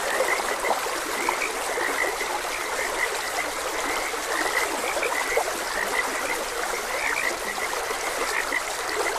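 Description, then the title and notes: Frogs give short croaking notes again and again, scattered throughout above the constant hiss of a running stream. Frogs croaking beside a gentle stream. "Frogs Croaking. Sleep and Relaxation Podcast"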